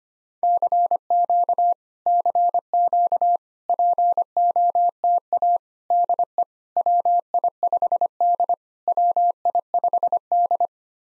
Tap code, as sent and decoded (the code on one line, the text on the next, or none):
none